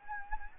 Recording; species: mosquito wingbeat signal from an infrared sensor; Anopheles gambiae